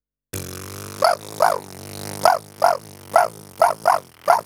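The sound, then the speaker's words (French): A buzzing lip drone carries a series of sharp, yelping "wa" bursts, about eight in a quickening rhythm, imitating a prairie dog's barking call. “Le chien de prairie. Utilisez le son « wa » que vous projetez au travers du bourdonnement de vos lèvres.”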